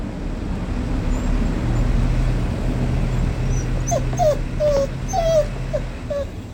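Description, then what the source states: Hokkaido dog whimpering: low hum, then a run of several short high whines in the last few seconds. Hokkaido dog named Fuyuichiro vocalizing before breakfast; owner asks if it is hungry.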